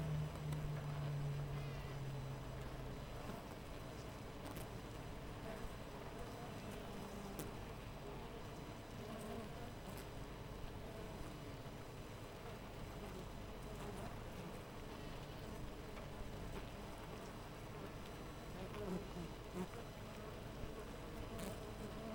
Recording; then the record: honeybee colony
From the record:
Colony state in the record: missing queen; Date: 14 July 2017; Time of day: 6:23